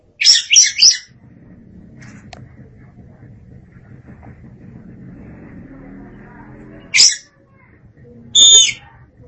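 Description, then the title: Oriental magpie-robin song: a short burst of sharp high notes, then a long low rumbling background, and two more separate high chirps near the end. "Suara Kicauan Burung Kacer"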